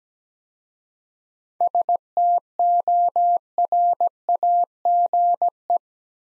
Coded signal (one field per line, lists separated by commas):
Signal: Morse code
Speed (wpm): 17 wpm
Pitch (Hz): 700 Hz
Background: none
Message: STORAGE